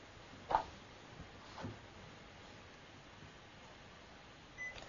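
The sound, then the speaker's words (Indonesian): A single short electronic beep from an air conditioner sounds over a quiet, steady background hiss, followed near the end by a faint, thin high-pitched tone. “Nah, kita lihat coba AC dulu, AC-nya kok mati.”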